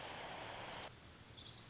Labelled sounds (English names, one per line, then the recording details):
Pacific Wren
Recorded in Sonoma County, California